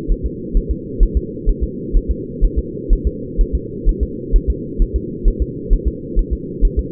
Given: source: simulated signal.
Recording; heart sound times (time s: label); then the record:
fetal heart sounds
0.12 s: S1
0.26 s: S2
0.57 s: S1
0.71 s: S2
1.03 s: S1
1.17 s: S2
1.49 s: S1
1.64 s: S2
1.97 s: S1
2.11 s: S2
2.44 s: S1
2.59 s: S2
2.93 s: S1
3.07 s: S2
3.41 s: S1
3.55 s: S2
3.89 s: S1
4.03 s: S2
4.36 s: S1
4.50 s: S2
4.82 s: S1
4.96 s: S2
5.28 s: S1
5.42 s: S2
5.73 s: S1
5.88 s: S2
6.19 s: S1
6.33 s: S2
6.65 s: S1
6.79 s: S2
From the record:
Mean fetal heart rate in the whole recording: 130 bpm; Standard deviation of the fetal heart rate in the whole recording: 4 bpm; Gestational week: 38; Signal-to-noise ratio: -4.1 dB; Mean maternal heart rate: no maternal heart sound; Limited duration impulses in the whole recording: absent